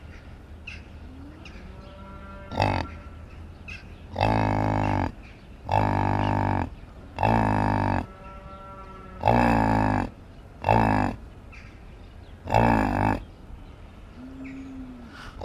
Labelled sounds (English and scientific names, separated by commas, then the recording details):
Yak (Bos grunniens) call
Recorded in captivity
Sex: female
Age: subadult
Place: Tierpark Berlin, Berlin, DE
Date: 1968-10-26 10:08
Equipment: Uher 4000 Report-S, Sennheiser MD 421
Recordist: Tembrock, Günter